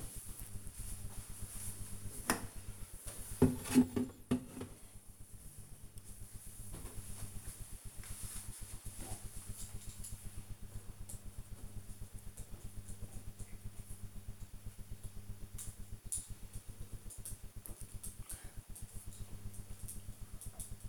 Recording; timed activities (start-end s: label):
household activities, microphone on the right wrist
6.67-20.89 s: drinking